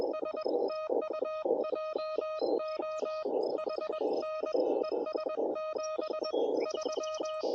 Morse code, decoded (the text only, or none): S TU JOHN ES 73